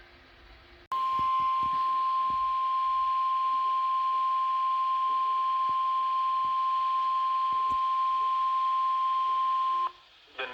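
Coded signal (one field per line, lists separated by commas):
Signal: Emergency Alert System (SAME) tones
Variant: 1050 Hz attention tone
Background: speech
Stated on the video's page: Severe weather alerts from a NOAA weather radio transmitter before it went off air for AWIPS upgrades.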